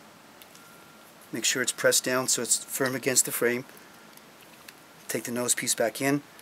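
Someone talks while handling the plastic nose piece of a Silblade wiper blade adapter on the metal windshield wiper arm of a Toyota Avalon, moving the nose piece back in. Only faint, brief ticks are heard between and around the speech. Nothing has seated or clicked yet.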